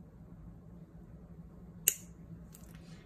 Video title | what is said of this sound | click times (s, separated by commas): How to Replace Beadalon Nylon Flat Nose Plier Replacement Tips | I used that plier there to help me get that popped into place, but it still has a little ways to go, so I just kind of pushed that further down | 1.9 s